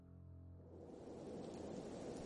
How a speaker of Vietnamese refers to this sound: Mưa giông bên ngoài rất lớn, biển kêu lên ầm ầm, tưởng như đang sụp đổ. Sấm chớp liên hồi, hệt như ông trời đang sôi đèn để bắt kẻ gian đang lẩn trốn đâu đó trên hòn đảo âm u này.